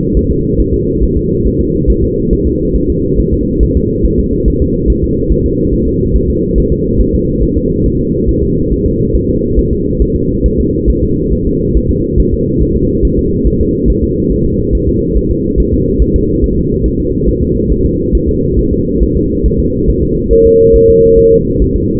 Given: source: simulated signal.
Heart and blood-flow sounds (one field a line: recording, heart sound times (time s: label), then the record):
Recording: fetal heart sounds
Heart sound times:
0.17 s: S1
0.31 s: S2
0.60 s: S1
0.74 s: S2
1.03 s: S1
1.17 s: S2
1.46 s: S1
1.61 s: S2
1.90 s: S1
2.04 s: S2
2.33 s: S1
2.47 s: S2
2.76 s: S1
2.90 s: S2
3.20 s: S1
3.34 s: S2
3.63 s: S1
3.77 s: S2
4.05 s: S1
4.20 s: S2
4.48 s: S1
4.62 s: S2
4.90 s: S1
5.04 s: S2
5.32 s: S1
5.46 s: S2
5.73 s: S1
5.88 s: S2
6.15 s: S1
6.30 s: S2
6.58 s: S1
6.72 s: S2
7.00 s: S1
7.15 s: S2
7.43 s: S1
7.57 s: S2
7.86 s: S1
8.00 s: S2
8.29 s: S1
8.43 s: S2
8.72 s: S1
8.86 s: S2
9.15 s: S1
9.29 s: S2
9.59 s: S1
9.73 s: S2
10.02 s: S1
10.16 s: S2
10.46 s: S1
10.60 s: S2
10.90 s: S1
11.04 s: S2
11.33 s: S1
11.47 s: S2
11.77 s: S1
11.91 s: S2
12.20 s: S1
12.34 s: S2
12.62 s: S1
12.76 s: S2
13.05 s: S1
13.19 s: S2
13.47 s: S1
13.61 s: S2
13.90 s: S1
14.04 s: S2
14.32 s: S1
14.46 s: S2
14.75 s: S1
14.89 s: S2
15.17 s: S1
15.31 s: S2
15.60 s: S1
15.74 s: S2
16.02 s: S1
16.16 s: S2
16.44 s: S1
16.58 s: S2
16.86 s: S1
17.00 s: S2
17.28 s: S1
17.43 s: S2
17.72 s: S1
17.86 s: S2
18.15 s: S1
18.29 s: S2
18.59 s: S1
18.73 s: S2
19.03 s: S1
19.17 s: S2
19.46 s: S1
19.60 s: S2
19.90 s: S1
20.04 s: S2
20.33 s: S1
20.47 s: S2
20.76 s: S1
20.90 s: S2
21.19 s: S1
21.33 s: S2
21.62 s: S1
21.76 s: S2
From the record:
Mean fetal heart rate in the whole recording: 140 bpm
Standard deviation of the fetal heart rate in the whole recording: 2 bpm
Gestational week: 34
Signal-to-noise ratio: -10.2 dB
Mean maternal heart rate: 72 bpm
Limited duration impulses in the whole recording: present